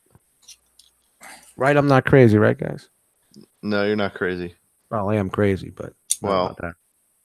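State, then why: Not seated. A plastic panel peg is handled and pushed toward the body of a transforming robot figure during its transformation, with only a few faint, brief ticks near the start while someone talks over most of the clip. Nothing has seated or clicked into place yet by the end.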